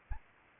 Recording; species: mosquito wingbeat signal from an infrared sensor; Anopheles arabiensis